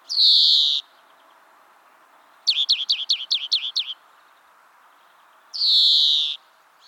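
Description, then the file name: European greenfinch opening with a buzzy wheeze, followed by a rapid run of several chirping notes and a second drawn-out wheeze. "Chloris chloris"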